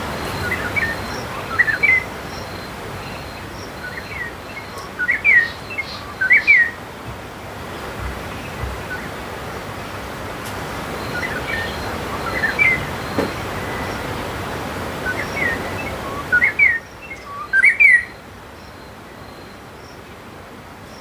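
Birds chirp in short, bright bursts over a steady rushing background noise near Simonga, Zambia, calling at about 2, 5, 6.5, 12.5 and 16–18 seconds. A faint, thin pulsing tone runs high above throughout, and the background noise drops away sharply near 16.5 seconds.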